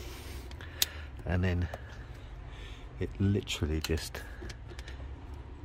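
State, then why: Seated. The lower end of a plastic air intake breather pipe (part number 13717803842) for BMW N47 and N57 engines is pushed onto its port on the engine intake/cam cover. Someone talks throughout, and there is a sharp tick near 0.8 s before the connector clicks into place at 4.8 s and 4.9 s. It is seated securely and not lifting, a fix for a part that is a known problem on these engines.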